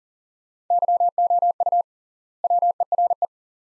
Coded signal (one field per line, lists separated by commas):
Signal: Morse code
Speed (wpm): 40 wpm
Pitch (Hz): 700 Hz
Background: none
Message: YOU WERE